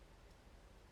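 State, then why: Not seated. A light-duty folding knife with a low-profile flipper, very light steel liners and a liner lock is handled before its blade is flipped open. Only a steady, faint broadband hiss with soft rustling is heard, with no distinct snap. The blade has not yet snapped open or locked.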